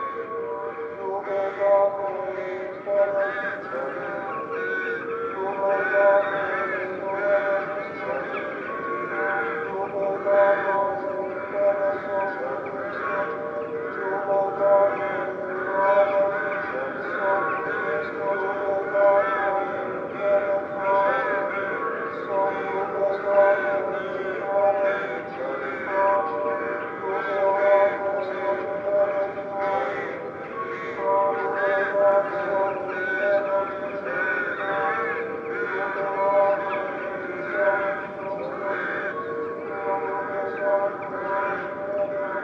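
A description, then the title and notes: Rooks and jackdaws gather to roost, a dense, unbroken mass of overlapping caws and chatter that holds a steady level for the whole stretch. All on a winter’s afternoon, just as the light was fading. A winter afternoon on the marshes, with the temperature falling and the light fading, and rooks and jackdaws returning to roost.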